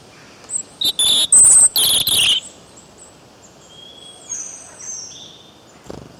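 Bird chirps in a loud, rapid burst of bright notes for about a second and a half, then a few faint, thin whistles follow.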